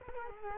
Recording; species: mosquito wingbeat signal from an infrared sensor; Culex quinquefasciatus